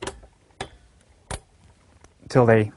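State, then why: Seated. Plastic push-pin fasteners of a CPU heatsink are pushed down on opposite corners into the mounting holes of a motherboard lying in a tray. Sharp clicks sound at 0.6 s and 1.3 s as the pins click into place and lock, confirming the heatsink is seated. Someone talks at the end.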